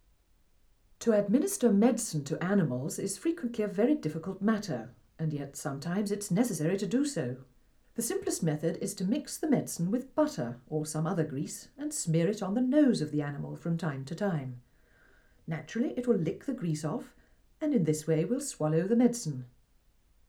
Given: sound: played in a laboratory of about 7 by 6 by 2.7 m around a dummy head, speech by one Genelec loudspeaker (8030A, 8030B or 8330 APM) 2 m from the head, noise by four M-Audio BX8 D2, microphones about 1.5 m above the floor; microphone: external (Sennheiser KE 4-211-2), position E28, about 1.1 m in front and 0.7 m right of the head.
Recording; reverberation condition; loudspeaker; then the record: female speech in English; low; 60 degrees to the right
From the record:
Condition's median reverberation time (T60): about 310 ms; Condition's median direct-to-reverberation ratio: about 3.5 dB